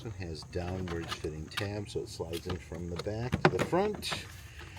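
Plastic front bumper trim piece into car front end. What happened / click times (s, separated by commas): The plastic trim piece is being fitted but has not clicked home yet / none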